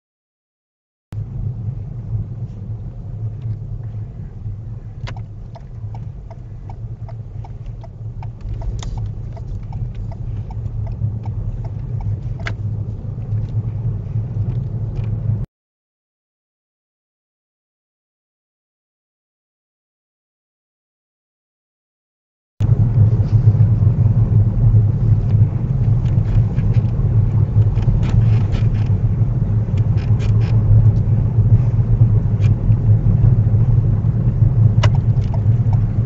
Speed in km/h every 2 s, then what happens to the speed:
11, 6, 6, 5, 10, 13, 16, 18, 18, 19, 21, 19, 18, 19, 19, 19, 18, 16.
0-6 steady at about 6. 6-13 speeds up to 18. 13-36 steady at about 19.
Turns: none.